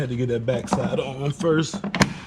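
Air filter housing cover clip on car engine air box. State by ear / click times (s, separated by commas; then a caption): seated / 2.0 s. Someone talks while fitting the plastic cover clip back onto the intake air box of a 2014 Camaro after installing a new air filter. The clip is pressed home with one sharp, loud snap at 2.0 s, and it seats in place.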